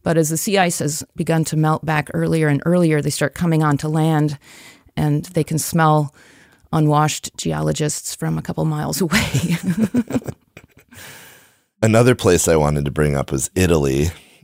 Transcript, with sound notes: but as the sea ice has begun to melt back earlier and earlier, they start coming onto land and they can smell unwashed geologists from a couple miles away.
[Laughter] Another place I wanted to bring up was Italy.